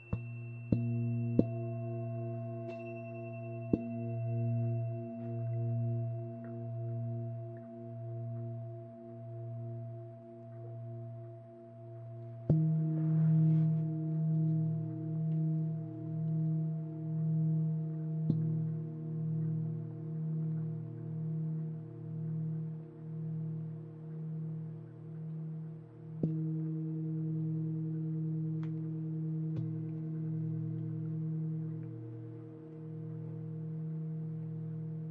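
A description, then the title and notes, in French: Tibetan singing bowls ring with long, sustained tones that pulse and waver in a slow, regular beat. New strikes come at the start, around 13 seconds and again near 26 seconds, each adding a brighter, higher tone over the low humming drone. Bols tibétains.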